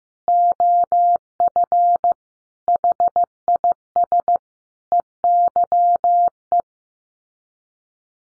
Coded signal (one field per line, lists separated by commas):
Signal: Morse code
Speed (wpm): 15 wpm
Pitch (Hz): 700 Hz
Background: none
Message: OF HIS EYE